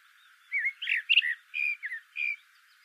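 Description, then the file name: Eurasian blackbird uttering several short, slurred chirping notes in quick succession. "Turdus merula"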